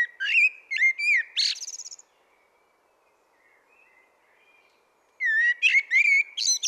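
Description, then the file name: Common blackbird song with melodious fluted whistles and high squeaky twitters, a quiet gap of about three seconds, then another warbling phrase. "Turdus merula"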